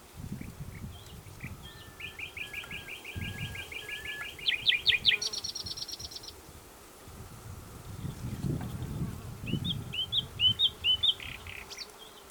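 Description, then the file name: Common nightingale song: a fast rattling run of repeated notes, then a buzzy high trill, a pause, and a burst of clipped chirping notes, low background hum throughout. "Luscinia megarhynchos"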